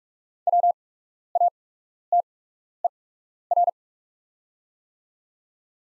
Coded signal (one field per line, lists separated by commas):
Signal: Morse code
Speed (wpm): 44 wpm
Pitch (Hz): 700 Hz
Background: none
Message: WATER